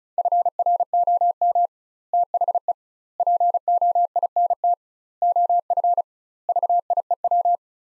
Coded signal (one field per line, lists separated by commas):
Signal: Morse code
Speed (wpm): 36 wpm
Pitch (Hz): 700 Hz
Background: none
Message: FROM THE POINT OF VIEW